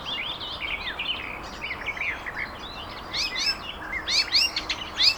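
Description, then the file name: Icterine warbler singing a rambling, varied medley of short whistled and chattering notes, growing louder and busier toward the end, over a steady background hiss. Garching, 16 May 2013. "Gelbspoetter. Garching. Daniel Honold"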